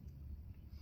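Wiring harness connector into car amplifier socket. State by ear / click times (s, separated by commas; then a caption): not seated / none. The second wiring-harness connector is handled at the other side of a small Focal Ibus 2.1 car audio amplifier during an unboxing, but nothing has seated or clicked yet. Only a steady low rumble is heard, with no sharp sounds.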